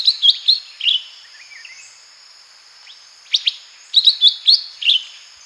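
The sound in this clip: Lesser green leafbird song: bright, varied whistled and chirping phrases in quick bursts, a pause, then another lively burst, with a steady high drone behind.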